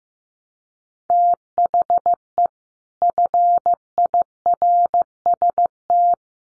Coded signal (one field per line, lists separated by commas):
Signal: Morse code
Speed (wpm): 15 wpm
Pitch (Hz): 700 Hz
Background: none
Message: THE FIRST